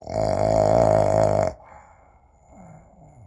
Male snore.